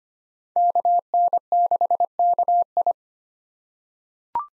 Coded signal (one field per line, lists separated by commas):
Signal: Morse code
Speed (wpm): 25 wpm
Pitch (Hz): 700 Hz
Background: none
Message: KN6KI